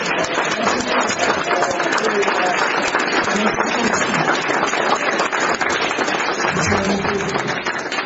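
An audience breaks into sustained applause, dense and steady clapping holding at an even loudness for about eight seconds, with scattered voices blending into the crowd noise.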